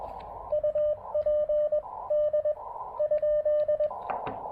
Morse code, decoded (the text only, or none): UP D?